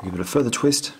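A Micro Four Thirds adapter's locking ring is given a further twist onto an FD-mount lens while someone talks over it. No distinct click is heard, and the adapter has not yet seated or locked home.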